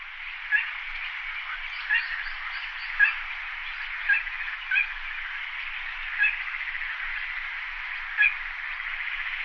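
Bird calls, short bright notes sounding roughly every one to two seconds over a steady hiss, about seven notes in all.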